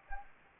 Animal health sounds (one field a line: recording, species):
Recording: mosquito wingbeat signal from an infrared sensor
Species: Anopheles gambiae